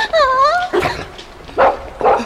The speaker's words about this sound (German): Das sind ja Welpen! Oh. Die sind ja niedlich. Und so klein. Ach, wie süß die kläffen.